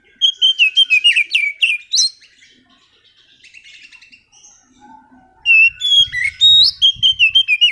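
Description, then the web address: Oriental magpie-robin song: a fast burst of varied whistles and chirps, a lull with faint twittering, then another loud, jumpy run of sweet notes. Master song used as a lure to trigger a magpie-robin that has stopped singing. "kacer pancingan macet bunyi. masteran kacer"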